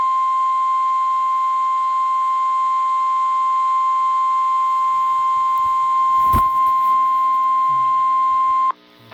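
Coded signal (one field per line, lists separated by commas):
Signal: Emergency Alert System (SAME) tones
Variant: 1050 Hz attention tone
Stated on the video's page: Severe thunderstorm warning on NOAA Weather Radio station WXJ57.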